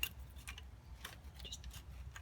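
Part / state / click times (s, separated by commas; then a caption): wiring harness connector into alternator socket / not seated / none. A plastic wiring harness connector is being handled and lined up with the socket on a replacement alternator in a 2005 Celica, ahead of being pushed back on until its latch engages. Only a few small, sharp ticks of handling are heard at about 0.0, 0.5 and 1.1 seconds over a low background rumble. Nothing has seated or clicked yet.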